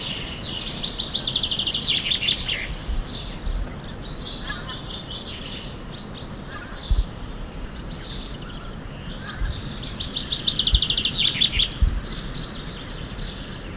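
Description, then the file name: Common chaffinch song: two rattling, trilled phrases about two seconds long, near the start and near the end, with faint bird notes between and steady low background noise. "Fringilla coelebs"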